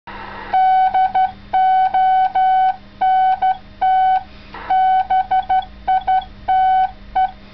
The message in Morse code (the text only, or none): DONT BITE